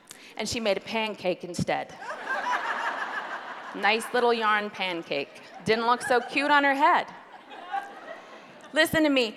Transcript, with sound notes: and she made a pancake instead—a nice, little yarn pancake! (laughter) It didn’t look so cute on her head! Listen to me: